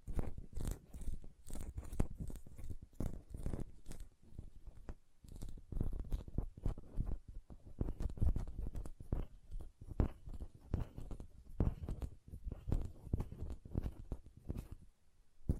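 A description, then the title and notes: Hand sounds: dense, irregular taps and soft squelching rubs follow one another almost without pause for the whole stretch. The sounds are mostly low and thumpy, with brief bright clicks mixed in. A short lull comes near the five-second mark, and the clip fades out at the end. Hand Sounds, Nail Tapping and Lotion Sounds.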